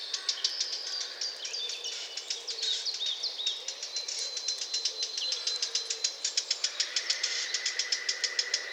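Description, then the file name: Eurasian blackcap giving hard ticking calls in a fast series, with thin whistled notes running through the background. "Sylvia atricapilla"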